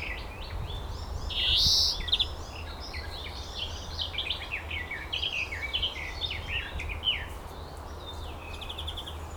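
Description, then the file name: European greenfinch twittering continuously, with a louder burst early on, over a low background hum. "Chloris chloris"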